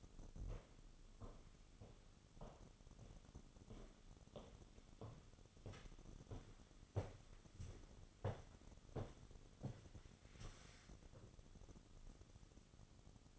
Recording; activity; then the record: daily activity, microphone in the room; walk to room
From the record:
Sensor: 4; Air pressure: 988.8 hPa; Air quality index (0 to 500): 158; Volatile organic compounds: 15 ppm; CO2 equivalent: 2514 ppm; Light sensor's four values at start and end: 32/105/39/41 and 32/106/39/42